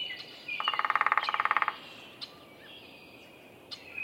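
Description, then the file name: Downy woodpecker drumming: one rapid steady burst of taps just over a second long, followed by scattered calls of other birds. Drumming; recorded at a bird sanctuary in Minnesota. "Picoides pubescens drumming Roberts Bird Sanctuary, Minnesota"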